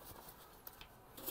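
The bottom frame tube of a FAMILL toddler bed rail is pushed into its connector joint and locks in place the same way as the first joint. A sharp click sounds at 0.7 s, followed by a softer tap and a brief rustle of handling. The joint is seated.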